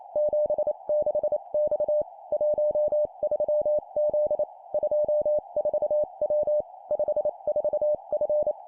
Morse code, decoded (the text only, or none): 76X 13Z 24W 54F